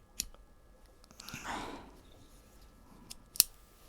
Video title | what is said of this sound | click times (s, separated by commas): Today’s Arrival | there we go it's snapped right in | 3.4 s